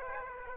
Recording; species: mosquito wingbeat signal from an infrared sensor; Aedes aegypti